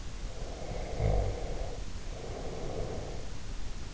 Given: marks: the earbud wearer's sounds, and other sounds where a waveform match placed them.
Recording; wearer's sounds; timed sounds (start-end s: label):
sounds in sleep by an in-ear microphone; snoring breath
0.30-3.38 s: snoring breath